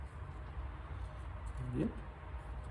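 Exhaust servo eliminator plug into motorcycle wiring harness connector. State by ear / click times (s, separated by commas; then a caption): not seated / none. A plastic exhaust servo eliminator plug on a Ducati Superbike is pressed again into the motorcycle wiring harness connector to double-check that it is fully latched. Someone briefly talks over a low, steady background rumble. Nothing has seated or clicked yet.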